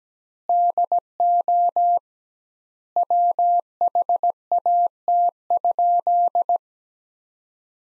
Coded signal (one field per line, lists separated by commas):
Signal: Morse code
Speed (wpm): 17 wpm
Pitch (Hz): 700 Hz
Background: none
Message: DO WHAT?